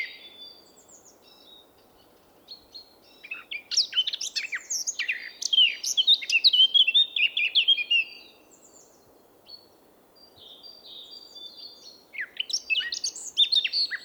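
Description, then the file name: Eurasian blackcap song: a long, loud, jumbled phrase of fast notes, then a pause, and soft notes building into another loud phrase. "Sylvia atricapilla"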